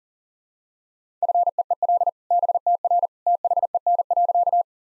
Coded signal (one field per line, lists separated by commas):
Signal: Morse code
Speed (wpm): 40 wpm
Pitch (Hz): 700 Hz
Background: none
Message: FEEL BTR THEN.